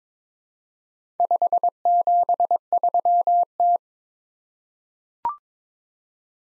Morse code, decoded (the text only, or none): 573T